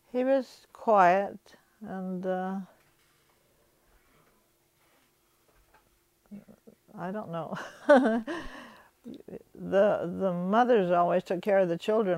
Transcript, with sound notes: He was quiet and, uh, I don't know. (she laughs) The, the mothers always took care of the children.